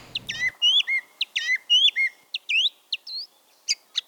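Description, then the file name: Song thrush song of whistled motifs: a slurred phrase repeated, then thin sharp notes. "bioakusztika enekesrigo"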